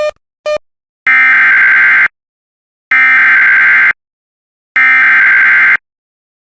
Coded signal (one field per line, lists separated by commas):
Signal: Emergency Alert System (SAME) tones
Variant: header bursts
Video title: Severe Thunderstorm Warning for Hamilton and Boone, IN (EAS #136)